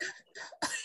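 Three quick, light, dry cough bursts in under a second, with no wet or rattling sound. An adult woman imitates the short, dry cough she had when her COVID-19 symptoms began, a cough that sounded like she was making fun of herself coughing rather than a real one.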